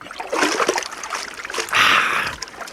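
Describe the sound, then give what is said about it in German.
A person jumps into water with a broad, noisy splash, followed by a rushing, churning surge of water that swells for about a second before settling into dribbling sounds. “Sie gehen rauf, ich gehe runter und das Wasser.”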